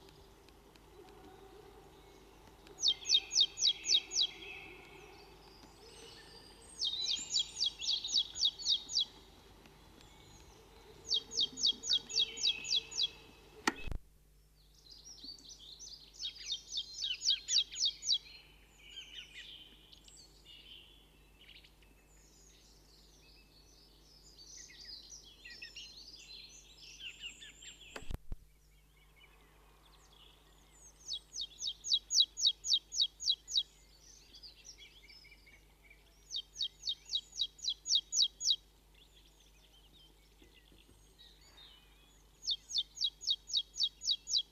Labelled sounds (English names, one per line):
Marsh Tit song